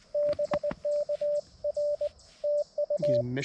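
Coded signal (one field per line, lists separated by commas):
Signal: Morse code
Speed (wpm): 21 wpm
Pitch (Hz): 610 Hz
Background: radio noise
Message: BK R TU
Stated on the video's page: CW POTA activation at a rare park using an MTR-4B with Wolf River Coils Sporty Forty coil, 213-inch whip on tripod with radials; short activation, iffy weather.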